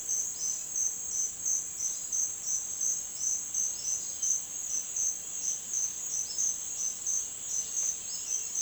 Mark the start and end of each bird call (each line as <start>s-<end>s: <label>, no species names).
0.22s-0.51s: bird call
3.59s-8.62s: bird call